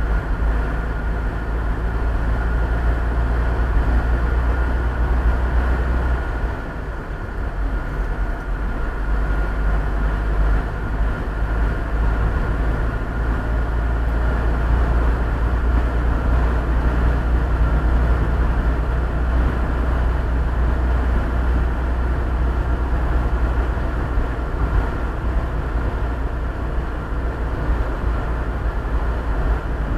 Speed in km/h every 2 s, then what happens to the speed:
43, 46, 48, 49, 47, 51, 53, 56, 58, 58, 58, 59, 58, 58, 56.
0-16 speeds up to 58. 16-30 steady at about 58.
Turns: none.